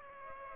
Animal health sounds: mosquito wingbeat signal from an infrared sensor; Aedes aegypti

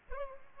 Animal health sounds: mosquito wingbeat signal from an infrared sensor; Aedes albopictus

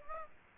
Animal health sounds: mosquito wingbeat signal from an infrared sensor; Aedes aegypti

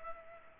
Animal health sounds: mosquito wingbeat signal from an infrared sensor; Culex pipiens

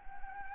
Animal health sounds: mosquito wingbeat signal from an infrared sensor; Anopheles arabiensis

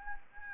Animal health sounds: mosquito wingbeat signal from an infrared sensor; Anopheles gambiae

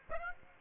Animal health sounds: mosquito wingbeat signal from an infrared sensor; Aedes aegypti

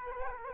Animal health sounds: mosquito wingbeat signal from an infrared sensor; Culex quinquefasciatus

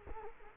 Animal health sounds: mosquito wingbeat signal from an infrared sensor; Culex quinquefasciatus

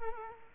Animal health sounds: mosquito wingbeat signal from an infrared sensor; Culex quinquefasciatus

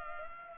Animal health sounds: mosquito wingbeat signal from an infrared sensor; Culex pipiens

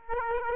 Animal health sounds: mosquito wingbeat signal from an infrared sensor; Aedes aegypti

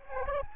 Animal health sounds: mosquito wingbeat signal from an infrared sensor; Aedes aegypti

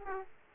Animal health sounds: mosquito wingbeat signal from an infrared sensor; Aedes aegypti

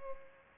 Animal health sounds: mosquito wingbeat signal from an infrared sensor; Culex pipiens

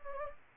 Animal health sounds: mosquito wingbeat signal from an infrared sensor; Anopheles gambiae

